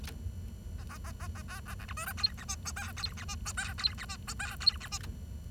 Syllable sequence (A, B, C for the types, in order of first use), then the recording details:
A A A A A B A C D E F G H I J K G H I J K G H I J K G H I A. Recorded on 23 June 2012 at 10:18. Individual gr41rd51